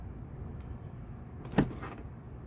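The sliding door of a 2005 Toyota Sienna is pushed closed a second time, and its latch catches the body striker with a single sharp thud-click at 1.6 s, followed by a fainter rattle just after. The door is again only half latched because the closure motor fails to cinch it fully shut.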